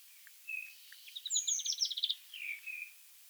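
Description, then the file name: European greenfinch song, a short burst of fast twittering trills flanked by soft buzzy notes, against a faint background hiss. "Chloris chloris"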